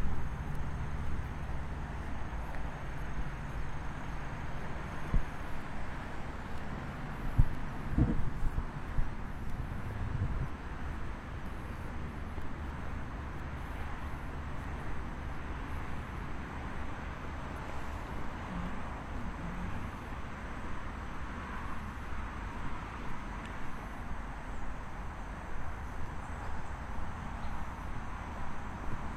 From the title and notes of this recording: 27℃ 多云天的午间散步. Noon Break Walking On A Cloudy Day.